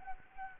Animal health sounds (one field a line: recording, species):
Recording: mosquito wingbeat signal from an infrared sensor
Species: Anopheles gambiae